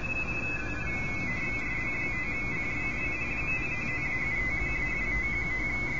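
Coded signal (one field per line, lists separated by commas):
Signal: RTTY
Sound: continuous warbling two-tone chatter flipping rapidly between close pitches, with faint other signals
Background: radio static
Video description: I was just casually hunting and pouncing on RTTY signals on 40 meters and a little on 20 meters.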